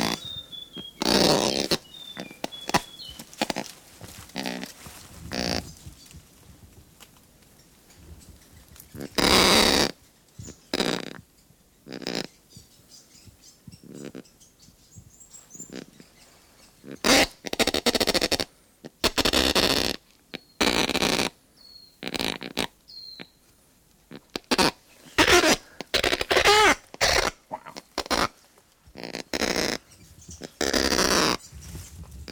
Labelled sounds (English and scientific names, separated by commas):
Kākāpō (Strigops habroptilus)